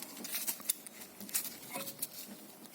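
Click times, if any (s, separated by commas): 0.7 s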